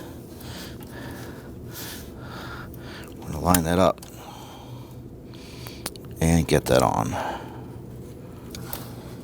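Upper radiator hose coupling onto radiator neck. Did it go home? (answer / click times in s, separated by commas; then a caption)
no / none. On a 2009–2017 Volvo XC60, the upper radiator hose's plastic quick-connect fitting is handled and lined up with the radiator neck while someone talks, with faint scrapes and taps around 0.8, 2.7, 5.9 and 8.7 seconds. Nothing has seated or clicked yet; the clip ends before the fitting is pushed home and locked.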